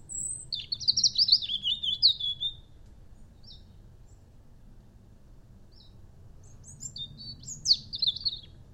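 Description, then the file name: European robin singing: thin, high, rapidly varied warbling phrases with trills and sharp notes, one long phrase then a pause and another burst, over a low rumble. "Erithacus rubecula"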